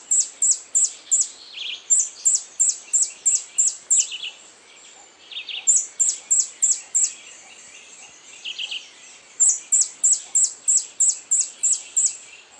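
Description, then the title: White-chinned Sapphire calling in runs of thin, high downslurred chips, several per second, pausing between bursts, with short lower buzzy notes interspersed. Subspecies griseiventris, assumed from location. "LuckyPassaro Completos2Sama. White-chinned Sapphire (Hylocharis cyanus griseiventris (ssp assumed from location))"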